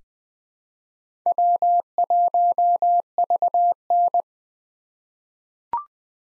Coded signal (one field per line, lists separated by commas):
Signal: Morse code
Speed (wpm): 20 wpm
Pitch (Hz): 700 Hz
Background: none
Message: W1VN